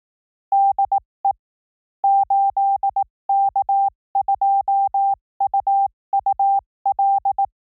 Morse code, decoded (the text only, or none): DE 8K2UUL